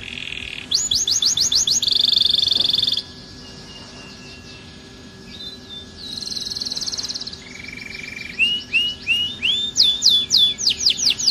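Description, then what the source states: Atlantic canary song: high trills and buzzy held phrases, broken by a quieter stretch, then fast looping whistled notes; steady background hiss and a faint low tone. Kenari (canary) in the 'kalitan' style, titled 'gaya gela gelo'.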